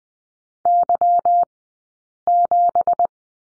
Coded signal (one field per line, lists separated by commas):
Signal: Morse code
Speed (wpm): 20 wpm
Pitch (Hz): 700 Hz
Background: none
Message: Y7